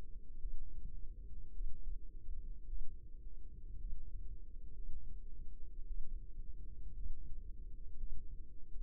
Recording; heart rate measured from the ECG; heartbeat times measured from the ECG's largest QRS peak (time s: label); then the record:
heart sounds by microphone in the left ear; 55 bpm
0.39 s: heartbeat
1.51 s: heartbeat
2.67 s: heartbeat
3.78 s: heartbeat
4.74 s: heartbeat
5.86 s: heartbeat
6.94 s: heartbeat
7.97 s: heartbeat
From the record:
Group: healthy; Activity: cold pressor test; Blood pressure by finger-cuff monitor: 113/69 mmHg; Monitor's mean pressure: 84 mmHg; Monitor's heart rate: 54 bpm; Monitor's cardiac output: 5 L/min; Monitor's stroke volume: 91 mL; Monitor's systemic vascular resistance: 1230 dyn s/cm5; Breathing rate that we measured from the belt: 22 breaths a minute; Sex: female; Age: 28 years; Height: 170 cm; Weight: 77 kg